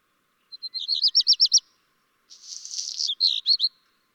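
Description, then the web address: Black redstart delivers a rattling string of clear high whistles. A short silence follows, then a dry scratchy buzz ends in several sharp chirps. "chant xeno-canto rougequeue noir"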